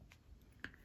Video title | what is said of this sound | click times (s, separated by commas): Come and diamond paint with me! 😊working on my DAC | and you'll hear them click and lock in. | 0.6 s